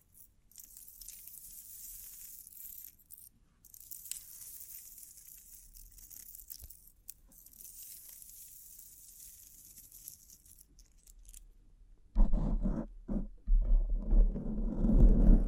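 Bling triggers: soft, airy crinkling and faint metallic jingling, like coins or glass, run quietly for about twelve seconds with a brief pause near the three-second mark. Around twelve seconds, louder, heavier thumping and rubbing sounds break in, coming in bursts until the end.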